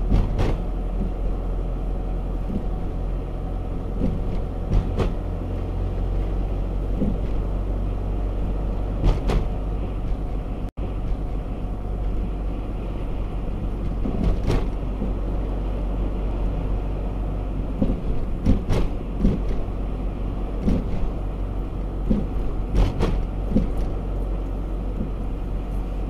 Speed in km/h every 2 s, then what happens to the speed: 43, 44, 44, 46, 47, 47, 47, 45, 47, 46, 45, 45, 45.
0-26 steady at about 45.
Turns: none.